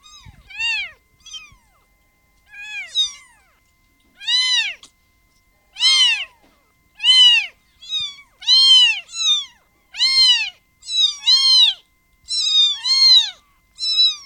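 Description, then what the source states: Domestic cat: kittens meowing: a run of high, arched, piping calls, sparse and quieter at first, then coming in a steady run. Several kittens.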